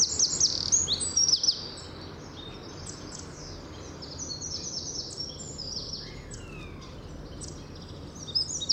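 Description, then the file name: Eurasian wren with a brief, loud, high rattling trill at the start, followed by softer, scattered high twittering notes against steady background noise. "Troglodytes troglodytes"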